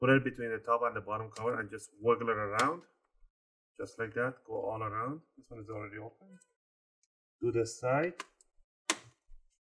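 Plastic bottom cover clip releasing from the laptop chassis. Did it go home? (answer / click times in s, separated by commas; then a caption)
released / 8.9 s. A metal guitar pick is run between the top case and the plastic bottom cover of a Lenovo Yoga 520 laptop to pry the cover open during an HDD to SSD upgrade. Someone talks throughout while the pick is wiggled along the seam. At 8.9 seconds a plastic retaining clip lets go from the chassis with a sharp click, which is normal, and the cover clip pops open.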